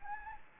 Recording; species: mosquito wingbeat signal from an infrared sensor; Anopheles arabiensis